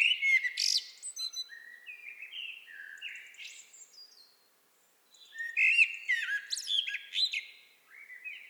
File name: Turdus merula